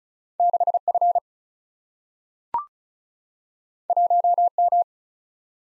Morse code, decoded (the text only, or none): 6F 1M